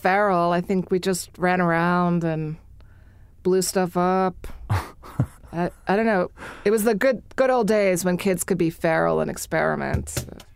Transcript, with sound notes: I think. We just ran around and blew stuff up.
[LAUGHS]
I don’t know. It — it was the good ol’ days when kids could be feral and experiment.